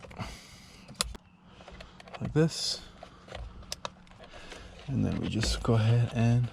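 A gray airbag wiring connector is pushed into the airbag module socket on the steering wheel of a 10th-generation 2019–2021 Honda Civic Type R hatchback. A single sharp plastic click at 1.0 s shows it has seated, amid a few softer handling taps. Someone then talks.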